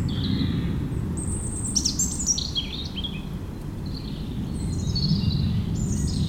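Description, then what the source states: European robin song, fast high warbled notes and trills, over a loud continuous low roar of aircraft. Singing in the huge Meerdaalbos forest at Oud-Heverlee, Belgium, with planes taking off.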